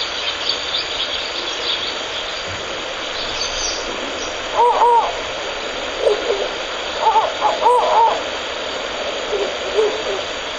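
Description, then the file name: Ural owl calls: short arched tonal notes in small clusters near the five-second and eight-second marks, with a few fainter notes later, over steady hiss. Male and female together; recorded 31 March 2019 at 17:54 at Shōnen no Mori. "フクロウ♂♀ 1903311754 少年の森"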